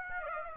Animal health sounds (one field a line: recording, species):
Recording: mosquito wingbeat signal from an infrared sensor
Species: Aedes aegypti